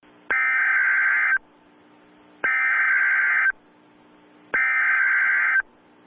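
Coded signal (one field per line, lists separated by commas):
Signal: Emergency Alert System (SAME) tones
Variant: header bursts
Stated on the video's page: Simulated Halloween-themed EAS alert in retro style, one of a series of scenario recreations.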